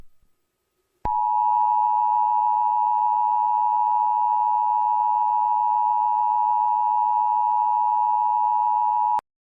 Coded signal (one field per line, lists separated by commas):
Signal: Emergency Alert System (SAME) tones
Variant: 853 and 960 Hz attention tone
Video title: EAS Scenario #8 - The Continental Storm